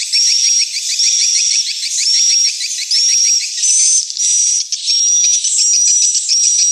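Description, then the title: Swiftlets giving high, slightly upslurred chirps over buzzy trills, repeated in bursts about every second, with brief gaps between. Swiftlet house lure sound from Tien Giang, Vietnam, AKAU brand track used to attract swiftlets to a bird house. "Am thanh nha yen Akau Vietnam - Tien giang"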